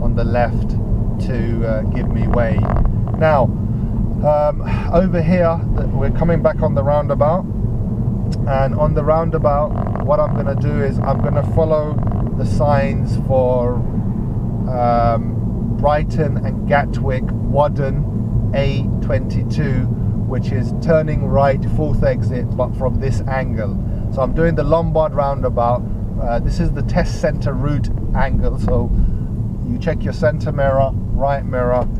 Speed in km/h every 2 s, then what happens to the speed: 39, 37, 37, 35, 39, 39, 39, 35, 35, 35, 34, 29, 27, 27, 26, 24.
0-12 steady at about 39. 12-32 slows to 24.